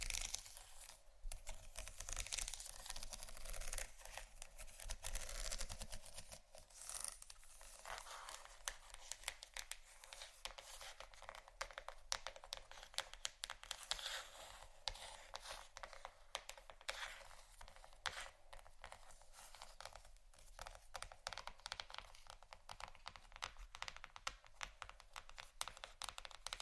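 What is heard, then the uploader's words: Crisp scratching and tapping runs continuously for the whole clip, a dense stream of small dry clicks and rasps like fingernails on a hard surface. The sound is bright and thin with little low end, and its level stays fairly even throughout. ASMR Scratching & Tapping For Sleep（No Talking）.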